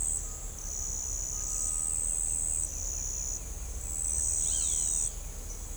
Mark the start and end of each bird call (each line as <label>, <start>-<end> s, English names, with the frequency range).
Great Kiskadee (1.0-5.0 kHz), 4.39-5.16 s